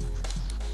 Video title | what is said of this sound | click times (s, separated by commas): Dell Alienware M17x Review Part 2 | when you've got no SD card in there that simply clicks back in | 0.3 s, 0.5 s